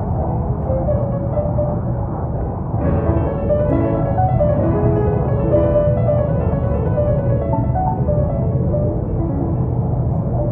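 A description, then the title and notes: A steady, dense airplane cabin drone fills the low end throughout. Thin strands of Mozart music play over it, with held notes and short melodic runs that grow a little brighter and fuller from about three seconds on. The overall loudness stays even. Relaxing Airplane Flight in First Class w/ Earbuds Playing Mozart Music.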